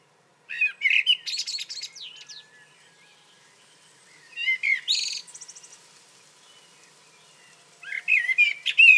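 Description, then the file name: Common blackbird singing phrases of fluty warbled notes that break into squeaky, high twittering, spaced by a couple of seconds of quiet, the last phrase cut off. "Turdus merula"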